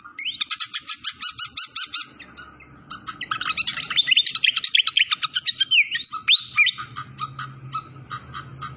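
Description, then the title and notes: Malaysian pied fantail song: rapid chattering trills, then a jumble of quick rising and falling whistled notes, ending in evenly spaced short chips, with a faint low hum beneath. Clear-voiced song used for training cage birds, mixed with the sound of flowing water. "Masteran Sikatan Kipas Suara Jernih Dan Suara Gemericik Air. Suara Burung Sikatan Londo"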